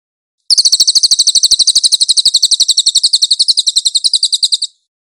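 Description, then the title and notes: Cililin delivering one continuous high, rapid trill of about four seconds, even buzzy notes that stop abruptly, with silence before and after. "MASTER SANGAT BAGUS SUARA BURUNG CILILIN, AUDIO JERNIH. CICILIN"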